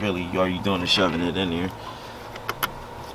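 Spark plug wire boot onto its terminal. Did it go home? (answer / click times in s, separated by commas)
yes / 2.5 s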